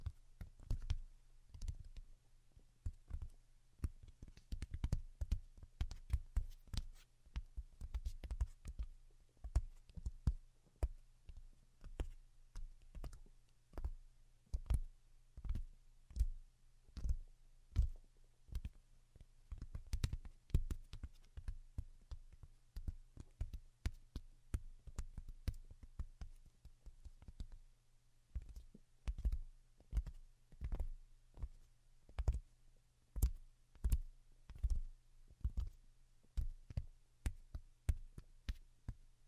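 Delicate tapping goes on throughout, soft, quick clicks and taps in irregular clusters, some bunched into fast runs and others spaced apart. Each tap is short and crisp over a steady low hum that sits underneath the whole recording.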